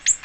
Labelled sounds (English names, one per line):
Ovenbird flight call